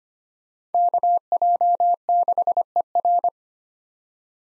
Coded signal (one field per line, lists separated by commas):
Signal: Morse code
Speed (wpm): 25 wpm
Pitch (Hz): 700 Hz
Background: none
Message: KJ6ER